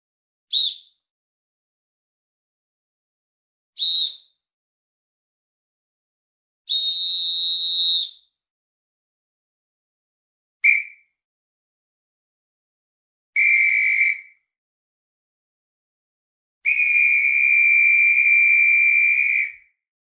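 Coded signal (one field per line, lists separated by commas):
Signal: whistle signal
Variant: referee whistle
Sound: six shrill referee whistle blasts of differing lengths, the last about three seconds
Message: 2 short, 1 long, 1 short, 1 medium, 1 long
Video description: A bundle of different whistle signals or codes used by sport referees.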